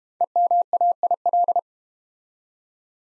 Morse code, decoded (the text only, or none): EMAIL